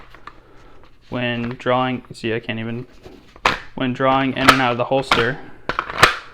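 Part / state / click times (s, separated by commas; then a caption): handgun into polymer holster shell / not seated / none. A handgun is handled in and out of an Alien Gear Shapeshift Core Carry Pack polymer holster shell with active retention. Someone talks throughout while short, sharp handling sounds occur near 0.2 s, 0.3 s, 0.8 s and 6.0 s. The pistol has not yet seated or clicked into the retention when the clip ends.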